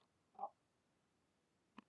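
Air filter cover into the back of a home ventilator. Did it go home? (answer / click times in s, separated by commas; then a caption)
yes / 1.8 s. After a replaceable filter is seated, the plastic air filter cover is slid back into the back of an Astral 150 home ventilator and twisted to lock. A short, muffled midrange sound comes at about 0.4 s, then a single sharp click at 1.8 s as the cover locks into place.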